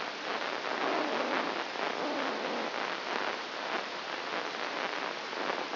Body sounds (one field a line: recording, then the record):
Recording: brain microelectrode recording played as sound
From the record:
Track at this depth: inside the subthalamic nucleus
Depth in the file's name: 1.956 mm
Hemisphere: left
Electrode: 1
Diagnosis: Parkinson's disease